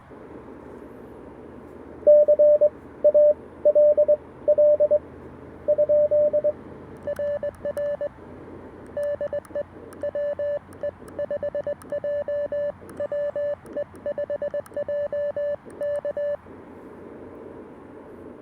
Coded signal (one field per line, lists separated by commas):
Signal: Morse code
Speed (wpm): 20 wpm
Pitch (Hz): 580 Hz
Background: radio noise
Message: CALL? RR DE WE5J WE5J K